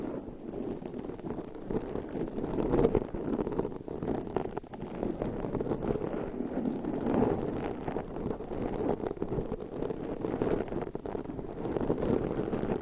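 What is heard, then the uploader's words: Long nails scratch steadily across a microphone, a dense, continuous rustling and scraping concentrated in the low and middle range. The texture stays even throughout, with slightly louder scrapes near the third and seventh seconds, and no voice is heard. ASMR Mic Scratching - Brain Scratching Hypnotic Asmr No Talking for Sleep with Long Nails.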